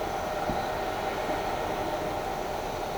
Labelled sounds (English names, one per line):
none